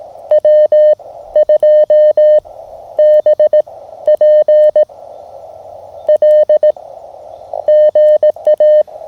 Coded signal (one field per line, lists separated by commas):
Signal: Morse code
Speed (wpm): 18 wpm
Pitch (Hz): 1800 Hz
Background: none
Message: W2BPL GA